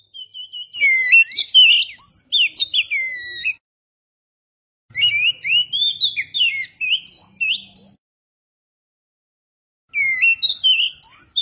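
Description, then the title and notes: Oriental magpie-robin singing: rich, varied whistled phrases with quick slurred notes and chirps, delivered in three bursts separated by short pauses. "Kicau Burung Kacer"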